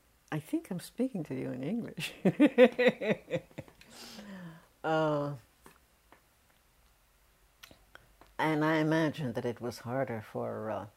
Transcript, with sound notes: I think I'm speaking to you in English. [Laughs] Oh, and I imagine that it was harder for